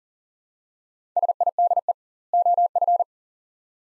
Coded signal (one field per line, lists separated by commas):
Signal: Morse code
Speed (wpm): 37 wpm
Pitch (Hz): 700 Hz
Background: none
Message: SIDE OF